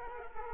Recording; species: mosquito wingbeat signal from an infrared sensor; Culex quinquefasciatus